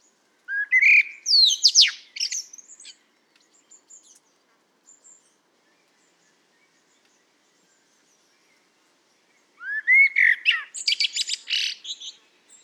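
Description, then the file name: Common blackbird song, a low fluted opening sliding into scratchy high twitters, a few soft notes in the gap, then another warbling phrase. "Turdus merula"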